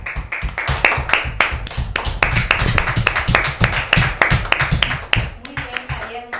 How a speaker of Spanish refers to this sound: Un fuerte aplauso, chicos.